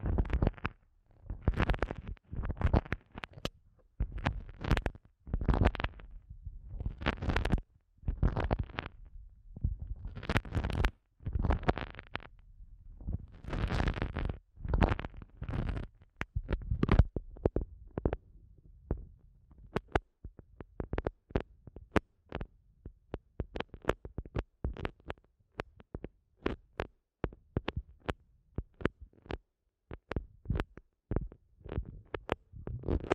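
An ASMR eardrum massage: soft rubbing and squishing sounds in uneven bursts, with muffled, thumping lows and crisp upper edges. The first twenty seconds bring longer, fuller strokes; after that the touches turn into quicker, shorter taps and clicks with brief silences between them.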